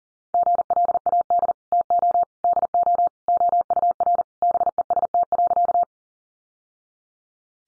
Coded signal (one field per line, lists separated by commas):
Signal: Morse code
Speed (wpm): 37 wpm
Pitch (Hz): 700 Hz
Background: none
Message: GLAD TO DO OUR BEST.